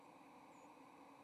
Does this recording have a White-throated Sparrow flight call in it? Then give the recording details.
no. Another species' flight call is heard. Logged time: 08:54 on 30 October 2014